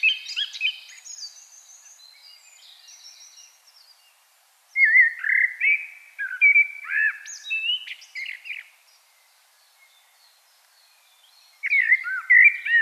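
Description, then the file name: Common blackbird song: phrases of mellow fluting whistles and squeaky high notes, with pauses between them, the last lasting a few seconds before the next phrase starts. "Turdus merula"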